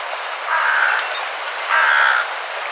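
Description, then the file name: Carrion crow giving two harsh, drawn-out caws over a steady background hiss. "Corvus corone"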